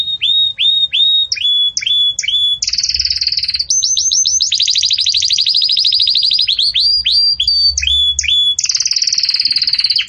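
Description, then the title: Belgian canary singing: repeated upward-sweeping whistles, then a long rapid rattling trill, returning to spaced whistled notes. Belgian canary singing the 'campainha' (bell) song style, recorded for tutoring young chicks. "Belíssimo Canto Do Canário Belga Campainha Para Encarte De Filhotes"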